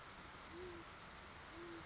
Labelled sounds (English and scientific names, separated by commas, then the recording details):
Great Horned Owl (Bubo virginianus)
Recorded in Sonoma County, California